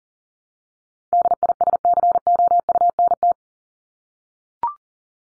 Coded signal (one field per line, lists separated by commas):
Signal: Morse code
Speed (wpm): 40 wpm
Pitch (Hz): 700 Hz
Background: none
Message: DISCOUNT